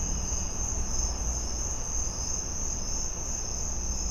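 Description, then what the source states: Cricket giving a steady, continuous high trill over a low background rumble. Crickets in a suburban back yard.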